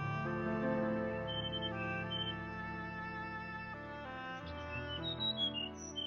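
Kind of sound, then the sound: bird, small bird chirping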